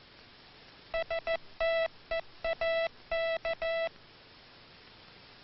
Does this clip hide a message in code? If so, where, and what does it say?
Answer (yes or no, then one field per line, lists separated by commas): yes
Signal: Morse code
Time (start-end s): 0.9-3.9 s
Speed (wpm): 15 wpm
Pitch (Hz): 1320 Hz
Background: none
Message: STEAK